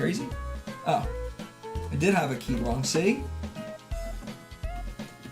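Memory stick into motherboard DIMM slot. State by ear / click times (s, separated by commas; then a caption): not seated / none. A memory stick is handled over a motherboard DIMM slot after it turns out its key was lined up wrong, while someone talks over background music. Nothing has seated or clicked into the slot yet.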